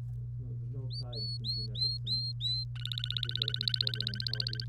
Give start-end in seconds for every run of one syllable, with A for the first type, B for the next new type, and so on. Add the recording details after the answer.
0.91-2.64 A, 2.75-4.64 B. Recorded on 30 April 2018 at 15:04. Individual llb3